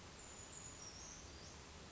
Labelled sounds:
Brown Creeper
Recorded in Sonoma County, California

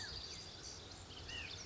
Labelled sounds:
White-breasted Nuthatch
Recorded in Sonoma County, California

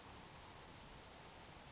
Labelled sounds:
Grasshopper Sparrow
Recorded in Sonoma County, California

